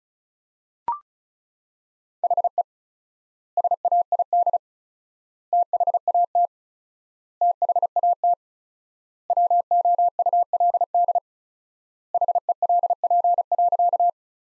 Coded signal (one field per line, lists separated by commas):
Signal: Morse code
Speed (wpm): 34 wpm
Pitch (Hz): 700 Hz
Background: none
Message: HE SAID THAT THAT WOULD HELP.